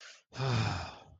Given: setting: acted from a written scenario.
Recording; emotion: vocal sound without words; relief